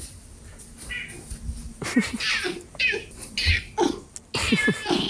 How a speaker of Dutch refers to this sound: Dat als hij zo miauwde, dan ging die kraan open, dan ging die deur open. Dus dit is gewoon aangeleerd gedrag waar jij aan hebt bijgedragen.